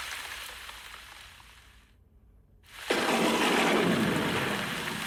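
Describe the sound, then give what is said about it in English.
A steady hiss of falling rain fades briefly to near quiet, then returns as a heavier, louder downpour with a dense, even wash of sound and no voices. “Maybe just a shower, it'll pass.”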